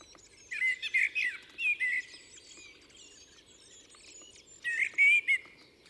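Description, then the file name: Common blackbird singing two mellow warbled phrases with squeaky high endings, about four seconds apart, over a faint background of birds. "Turdus merula"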